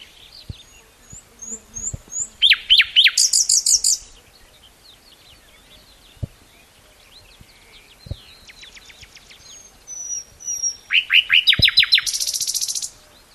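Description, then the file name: Common nightingale song with two loud phrases, each of soft rising whistles leading into fast, loud repeated chopped notes; quiet clicks between phrases. "Luscinia megarhynchos"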